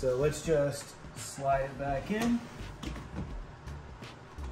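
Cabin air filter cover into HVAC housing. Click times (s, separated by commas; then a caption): 2.8 s. Someone talks while a cabin air filter and its plastic cover are slid back into the HVAC housing behind the glovebox of a 2022-or-newer WRX. A short, sharp click is heard at 2.8 s as the cover seats into the housing.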